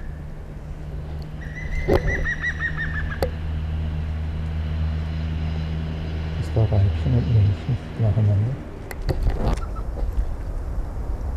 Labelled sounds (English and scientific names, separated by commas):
European Green Woodpecker (Picus viridis) song